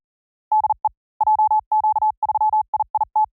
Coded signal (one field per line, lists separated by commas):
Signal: Morse code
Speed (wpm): 40 wpm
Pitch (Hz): 850 Hz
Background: none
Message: DE JQ3IIT